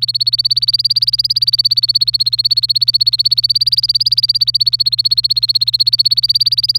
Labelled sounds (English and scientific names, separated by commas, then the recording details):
Domestic Canary (Serinus canaria) song
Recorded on 27 April 2018 at 09:10
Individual llb3